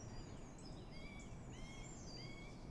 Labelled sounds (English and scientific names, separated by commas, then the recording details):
Great Tit (Parus major)
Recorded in Germany
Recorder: ecoPi